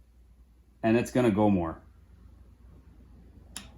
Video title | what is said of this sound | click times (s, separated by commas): 1996 YAMAHA YZ125 2 STROKE REBUILD PT 8 | And then you hear that click again. | 3.6 s